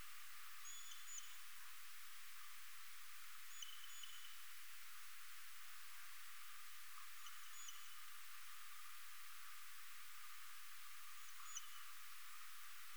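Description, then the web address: Eastern horseshoe bat calls: short, flat-toned pulses with a faint harmonic, spaced a few seconds apart over a steady high hiss. "Rhinolophus megaphyllus"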